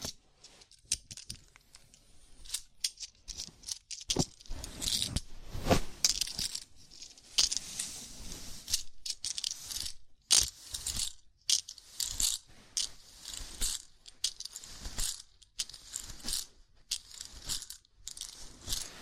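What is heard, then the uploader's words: A scalp massage: fingers scratch and rub through hair in quick, irregular bursts of crisp, bright rustling. The strokes come densely, with brief gaps and sharp ticking crackles scattered throughout, and occasional louder scrapes around the middle. ASMR Sleepy Scalp Massage (No Talking).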